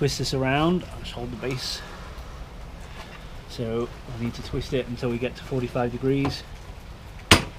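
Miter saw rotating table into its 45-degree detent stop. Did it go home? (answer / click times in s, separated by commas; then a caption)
yes / 7.3 s. Someone talks while loosening the lock and rotating the metal turntable of a WEN 12-inch sliding compound miter saw, holding the base. At 7.3 s the table drops into its 45-degree detent with a single sharp knock, and it locks into place.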